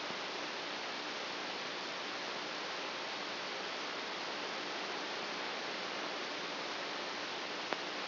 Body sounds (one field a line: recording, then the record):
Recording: brain microelectrode recording played as sound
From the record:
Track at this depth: outside the subthalamic nucleus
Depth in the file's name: 5.002 mm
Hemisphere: right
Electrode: 2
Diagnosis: Parkinson's disease